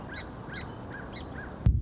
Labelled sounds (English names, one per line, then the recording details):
Song Sparrow
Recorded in Sonoma County, California